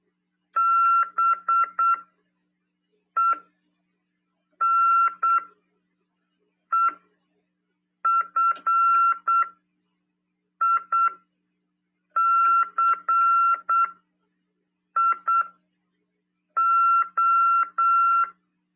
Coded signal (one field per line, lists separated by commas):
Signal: Morse code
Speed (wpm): 8 wpm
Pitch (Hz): 1360 Hz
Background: none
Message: BENEFICIO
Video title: RADIOAMADOR "TVCRASP" 1ªED. 25/8/2022 "SETEMBRO: CW, COM. RODADA e LEGISLAÇÃO" PY2EXU PAULO SP/SP